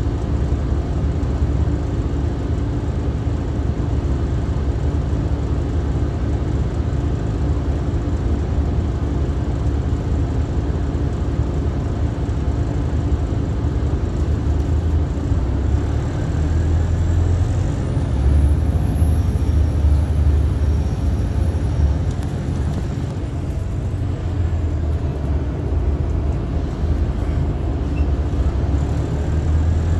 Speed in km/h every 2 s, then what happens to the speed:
0, 0, 0, 0, 0, 0, 0, 11, 19, 31, 32, 23, 8, 10, 19.
0-12 standing. 12-18 pulls away to 31. 18-24 brakes to 8. 24-30 speeds up to 19.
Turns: none.